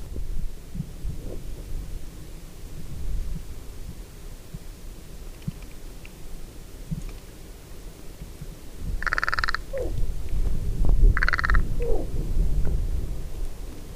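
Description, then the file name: Carrion crow giving two short harsh calls about two seconds apart near the end, each with a faint squeak after, over constant low rumbling noise. "Corvus corone"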